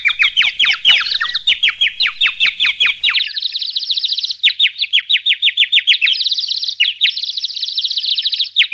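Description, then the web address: Bird song: a rapid series of sharply descending notes, then a higher, buzzier run of notes. "le chant des oiseaux"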